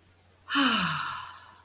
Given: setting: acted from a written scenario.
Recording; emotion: vocal sound without words; serenity